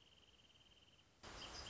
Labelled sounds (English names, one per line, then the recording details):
Wrentit
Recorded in Sonoma County, California